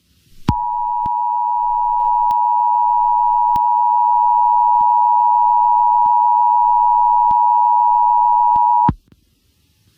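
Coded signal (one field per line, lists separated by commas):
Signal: Emergency Alert System (SAME) tones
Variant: 853 and 960 Hz attention tone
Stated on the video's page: Fake EAS alert in a fictional prank story.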